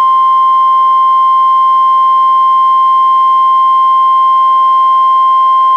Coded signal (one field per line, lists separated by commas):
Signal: Emergency Alert System (SAME) tones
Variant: 1050 Hz attention tone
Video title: EAS #566-576: NWR and EAS 2 SVRs and 7 SMWs- Oct. 24, 2021